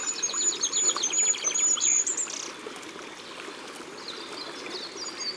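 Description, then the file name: Goldcrest song: very high, thin rhythmic trills ending in a brief flourish, followed by a second high phrase after a pause, over a steady stream-like hiss. Recorded in Ardèche, France. "Roitelet Huppe Concerts Naturels De l Ardeche"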